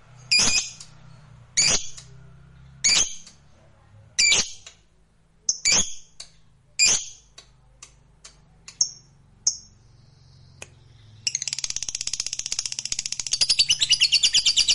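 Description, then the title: Lovebird calls: loud harsh notes spaced roughly a second apart, then after a short pause a sudden burst of rapid, shrill continuous chattering. Fighter-type lovebird, gacor (singing energetically). "Berkat SUARA Lovebird FIGHTER GACOR Ini"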